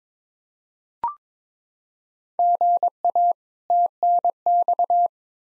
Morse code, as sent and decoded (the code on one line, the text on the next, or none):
--. .- / - -. -..-
GA TNX